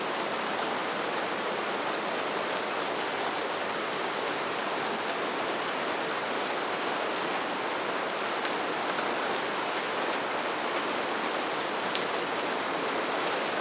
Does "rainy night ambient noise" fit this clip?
yes